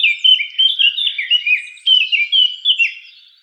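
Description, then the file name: Eurasian blackcap song, a short run of sweet fluting and sliding notes repeated quickly, fading toward the end. "Sylvia atricapilla"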